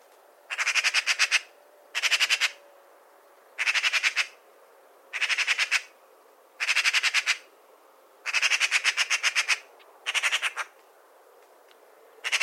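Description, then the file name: Eurasian magpie giving a harsh rattling chatter, several dry staccato bursts repeated about every one and a half seconds. "Pica pica"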